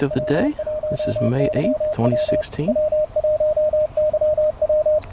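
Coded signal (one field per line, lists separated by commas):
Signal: Morse code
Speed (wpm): 32 wpm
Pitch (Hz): 610 Hz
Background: speech, radio noise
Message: W1YW W1YW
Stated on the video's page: CW contest contacts in the New England QSO Party using an MTR3B QRP radio from a ridge.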